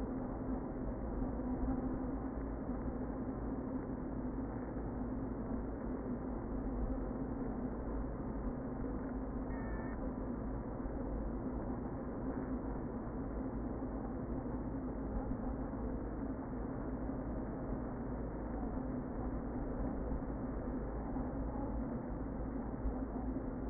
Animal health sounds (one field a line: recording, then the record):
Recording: honeybee colony, microphone inside the hive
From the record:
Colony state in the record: queen present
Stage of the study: before two queens were removed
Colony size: about 60,000 bees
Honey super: yes